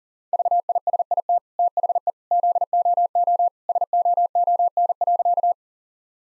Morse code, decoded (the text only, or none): VISIT THE ZOO SOON.